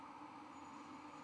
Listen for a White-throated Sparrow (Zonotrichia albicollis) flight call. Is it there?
no